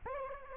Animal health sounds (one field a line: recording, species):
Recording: mosquito wingbeat signal from an infrared sensor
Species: Aedes aegypti